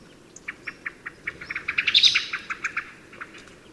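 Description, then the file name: Common blackbird giving a rapid series of sharp clicking chips that quicken and swell in the middle, then slow and fade. "Turdus merula"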